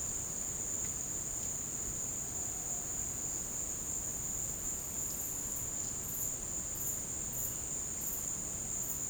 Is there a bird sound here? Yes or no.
no